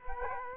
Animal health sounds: mosquito wingbeat signal from an infrared sensor; Culex quinquefasciatus

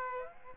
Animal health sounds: mosquito wingbeat signal from an infrared sensor; Aedes aegypti

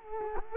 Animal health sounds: mosquito wingbeat signal from an infrared sensor; Culex quinquefasciatus

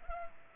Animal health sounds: mosquito wingbeat signal from an infrared sensor; Culex pipiens

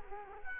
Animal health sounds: mosquito wingbeat signal from an infrared sensor; Culex quinquefasciatus

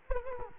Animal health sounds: mosquito wingbeat signal from an infrared sensor; Culex quinquefasciatus

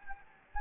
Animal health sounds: mosquito wingbeat signal from an infrared sensor; Anopheles gambiae

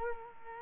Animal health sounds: mosquito wingbeat signal from an infrared sensor; Culex quinquefasciatus

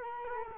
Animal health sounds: mosquito wingbeat signal from an infrared sensor; Culex quinquefasciatus

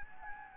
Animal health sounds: mosquito wingbeat signal from an infrared sensor; Anopheles gambiae

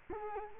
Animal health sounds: mosquito wingbeat signal from an infrared sensor; Culex quinquefasciatus

